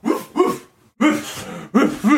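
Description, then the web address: Dog giving a few short, harsh barks with brief pauses between them. "playsounds 2023 szczekanie"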